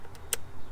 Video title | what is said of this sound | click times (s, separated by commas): 2021 JLT Cold Air Intake & Tune Install (+First Drive)! - 2006 Mustang GT | you guys see this end piece here that actually snaps on listen to the click | 0.3 s